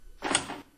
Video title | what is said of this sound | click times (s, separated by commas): Share Link 8 from Nurture | install the monitor Now by sliding the mount assembly onto the end of the arm until you hear the click | 0.3 s